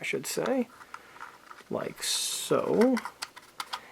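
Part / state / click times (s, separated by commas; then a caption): resin sponson piece into scale tank hull section / seated / 3.6 s, 3.7 s. Someone talks while lining up a curved 3D-printed resin sponson piece on a 1/35 scale Vargas Models Liberty International MK.VIII heavy tank model and rotating it into its hull section. Sharp clicks at 3.6 s and 3.7 s mark the sponson snapping into place, seated and free to pivot.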